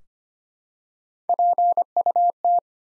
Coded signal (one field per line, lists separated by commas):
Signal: Morse code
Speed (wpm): 25 wpm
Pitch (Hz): 700 Hz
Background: none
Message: PUT